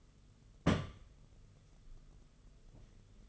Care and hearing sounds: daily activity, microphone in the room; place on stove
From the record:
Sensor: 4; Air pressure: 995.4 hPa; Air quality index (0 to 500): 216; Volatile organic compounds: 262 ppm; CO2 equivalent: 4393 ppm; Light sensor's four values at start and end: 24/76/29/31 and 24/76/29/31

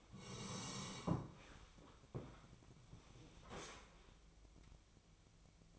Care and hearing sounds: daily activity, microphone in the room; sit down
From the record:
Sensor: 1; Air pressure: 1000.5 hPa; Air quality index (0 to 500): 174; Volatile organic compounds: 4 ppm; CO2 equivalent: 1614 ppm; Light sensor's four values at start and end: 13/31/13/15 and 13/31/13/15

